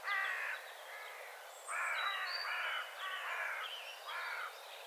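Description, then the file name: Carrion crow calling a run of harsh, grating caws, several in quick succession, while small birds chirp and whistle faintly behind. "Corvus corone"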